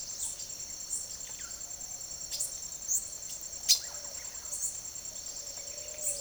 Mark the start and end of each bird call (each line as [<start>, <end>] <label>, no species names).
[0.00, 1.61] bird call
[2.03, 6.20] bird call